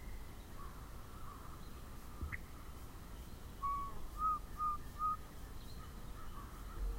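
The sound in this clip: Yellow-breasted chat: a short series of four whistled notes in the middle, evenly spaced, amid quieter scattered notes and low background rumble.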